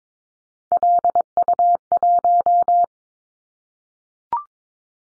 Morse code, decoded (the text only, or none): LU1